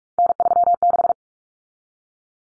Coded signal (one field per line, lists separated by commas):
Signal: Morse code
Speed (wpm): 44 wpm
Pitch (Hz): 700 Hz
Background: none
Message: N36